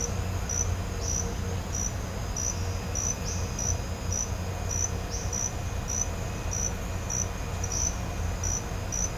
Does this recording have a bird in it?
no